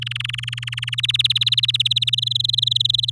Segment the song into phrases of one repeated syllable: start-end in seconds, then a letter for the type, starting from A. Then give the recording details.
0.02-0.95 A, 0.98-2.10 B, 2.13-3.10 C. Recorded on 7 May 2018 at 05:51. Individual llb16